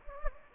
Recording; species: mosquito wingbeat signal from an infrared sensor; Anopheles gambiae